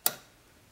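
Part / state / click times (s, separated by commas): regulator knob in rifle gas block / seated / 0.1 s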